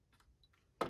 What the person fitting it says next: should be a nice positive click there